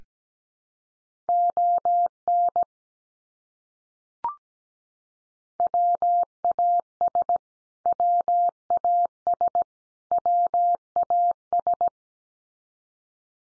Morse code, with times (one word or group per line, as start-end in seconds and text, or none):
1.3-2.6 ON
5.6-7.4 WAS
7.9-9.6 WAS
10.1-11.9 WAS